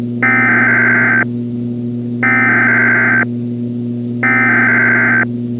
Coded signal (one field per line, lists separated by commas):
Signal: Emergency Alert System (SAME) tones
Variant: header bursts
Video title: The Infection (EAS Scenario)